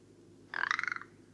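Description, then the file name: Rock ptarmigan giving a brief, rapidly pulsed, grating rattle lasting about half a second. Recorded at Karwendelspitze on 6 July 2014. "Alpenschneehuhn. Karwendelspitze. Michle Pron"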